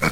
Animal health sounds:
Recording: pig call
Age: piglet (1 to 25 days)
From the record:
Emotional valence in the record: positive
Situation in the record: reunion after long isolation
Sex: male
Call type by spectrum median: low-frequency call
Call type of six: low-frequency tonal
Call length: 0.12 s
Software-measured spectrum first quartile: 355 Hz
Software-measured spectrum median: 1250 Hz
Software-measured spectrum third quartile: 2307 Hz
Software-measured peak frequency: 164 Hz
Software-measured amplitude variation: 125 dB a second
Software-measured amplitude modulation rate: 12.4 a second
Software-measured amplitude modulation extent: 10.1 dB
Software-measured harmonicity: -0.7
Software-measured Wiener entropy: -1.08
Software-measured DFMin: 675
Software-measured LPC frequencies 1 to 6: 1355, 2256, 3486, 4364, 5011, 6477 Hz

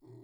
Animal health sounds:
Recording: pig call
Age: weaner (32 to 43 days)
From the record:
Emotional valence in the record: negative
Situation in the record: restrain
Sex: male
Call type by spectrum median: low-frequency call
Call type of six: low-frequency stable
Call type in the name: low-frequency stable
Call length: 0.23 s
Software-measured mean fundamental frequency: 42 Hz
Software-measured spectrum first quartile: 122 Hz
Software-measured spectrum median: 258 Hz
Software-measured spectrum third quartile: 391 Hz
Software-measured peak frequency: 359 Hz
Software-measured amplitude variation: 115 dB a second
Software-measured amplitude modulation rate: 23.5 a second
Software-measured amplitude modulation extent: 4.9 dB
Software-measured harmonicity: -0.3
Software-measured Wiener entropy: 0.84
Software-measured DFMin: 1310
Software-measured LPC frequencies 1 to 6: 336, 874, 1957, 3487, 4261, 5136 Hz

